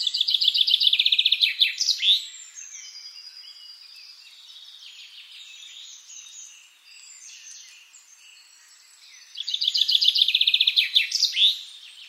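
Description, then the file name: Common chaffinch singing twice, each a fast run of sweet notes closing with a sharp terminal flourish; soft background birdsong between. "Fringilla coelebs"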